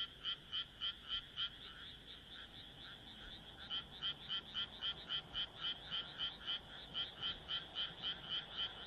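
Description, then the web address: Frog repeating crisp pulsed croaks at a steady pace, a brief pause near the start, then an even run of notes resuming. "kaeru kaeru"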